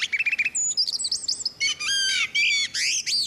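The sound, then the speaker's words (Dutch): A male blackbird's rivalry song: a rapid, unbroken run of high, squeaky, strained phrases, with quick repeated notes giving way to wavering, whistled and rasping flourishes, clear and without any talking. “Maar die rivaliteitszang, ja, die was de, ja, die nu, gaat nu nog even, een toppunt.”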